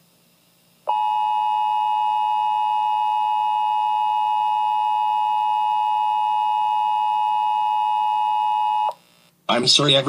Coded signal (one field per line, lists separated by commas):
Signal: Emergency Alert System (SAME) tones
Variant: 853 and 960 Hz attention tone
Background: speech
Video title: Boss Bomb Bro Makes A Fake Tornado Warning And Gets Grounded